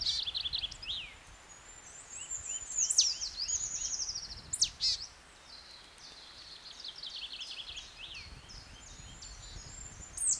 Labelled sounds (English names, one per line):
Marsh Tit song